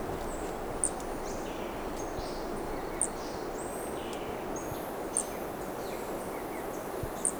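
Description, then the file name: Brachycephalus toadlet calling with four short, high-pitched notes, evenly spaced about two seconds apart, with faint chirps of other small animals and steady hiss. Undetermined species of Brachycephalus recorded at Corcovado; the first two notes of the call are missing. "MHNCI Brachycephalus sp ind 1 Corcovado two starting notes lost"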